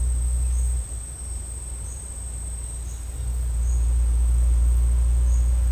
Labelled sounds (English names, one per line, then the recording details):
none
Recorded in secondary vegetation near Puerto Asís, Putumayo, Colombia, on 21 March 2025 at 11:00
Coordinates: 0.502, -76.326
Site G100